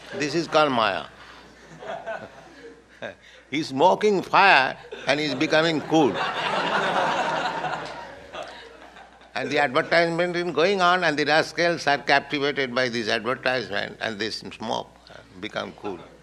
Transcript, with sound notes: This is called māyā. [chuckles] He's smoking fire, and he's becoming cool. [laughter] And the advertisement is going on, and the rascals are captivated by these advertisement, and they smoke, become cool.